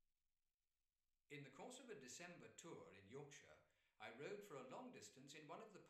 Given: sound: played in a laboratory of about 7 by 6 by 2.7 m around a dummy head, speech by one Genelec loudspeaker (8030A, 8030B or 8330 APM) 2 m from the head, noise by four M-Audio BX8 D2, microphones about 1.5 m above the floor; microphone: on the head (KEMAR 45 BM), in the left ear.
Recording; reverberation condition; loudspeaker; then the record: male speech in English; medium; 90 degrees to the left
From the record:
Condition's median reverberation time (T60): about 510 ms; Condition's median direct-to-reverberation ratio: about -0.5 dB